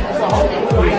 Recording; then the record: background sound without coughing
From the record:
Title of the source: Nightlife Party Simulating Party Club Noise 1 Hour